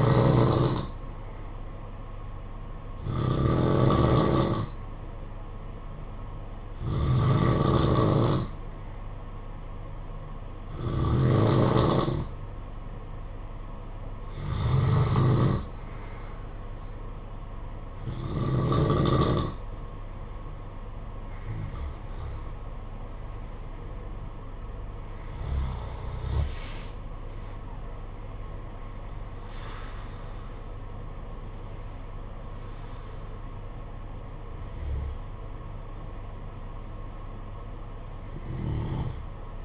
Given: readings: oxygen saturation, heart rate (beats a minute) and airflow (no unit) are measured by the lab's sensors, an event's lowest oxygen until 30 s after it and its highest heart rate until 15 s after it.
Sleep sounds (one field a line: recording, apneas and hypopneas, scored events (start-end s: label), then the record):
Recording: breathing in sleep by a smartphone at the bedside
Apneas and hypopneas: none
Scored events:
10.00-39.65 s: new sleep stage, N2 (light sleep)
From the record:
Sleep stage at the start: N3 (deep sleep)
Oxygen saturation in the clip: 90 to 91%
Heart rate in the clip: 52 to 61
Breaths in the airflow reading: 11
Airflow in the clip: -13.3 to 22.5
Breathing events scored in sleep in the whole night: 476 in 9.7 hours asleep